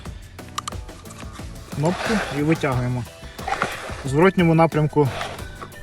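A removable battery is handled at a drone's battery bay. Someone talks over background music, with a few brief handling taps near 0.6–0.7 s and a short knock at 3.6 s. The battery has not yet been pushed back in, and nothing has seated or clicked yet.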